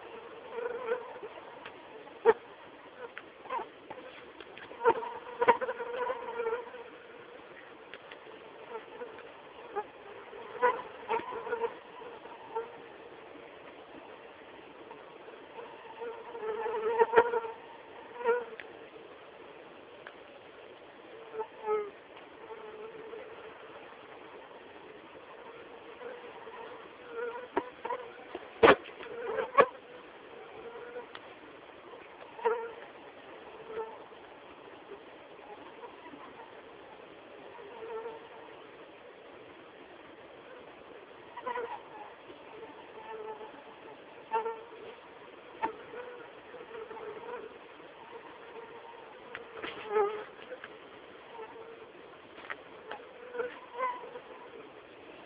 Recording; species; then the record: mosquito flight sound by mobile phone; Anopheles quadriannulatus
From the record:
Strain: SANQUA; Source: CDC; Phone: Samsung T209